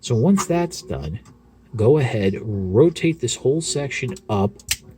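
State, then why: Not seated. Someone talks while handling a plastic body section of a transforming toy robot that is being rotated up into its tank-mode position. Only speech and light handling noise are heard, with no distinct click. Nothing has seated or clicked yet.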